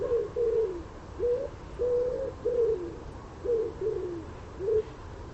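Common wood pigeon cooing, several soft low hoots in short phrases with brief pauses, over background noise.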